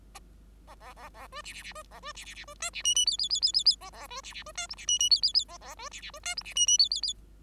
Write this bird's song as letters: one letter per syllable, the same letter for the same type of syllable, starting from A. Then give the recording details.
A A A A B C C C B A B C C C B D C E E F F F F F F A A B C C B D G C E E F F F A A B C C B D G C E E F F F. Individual Bird5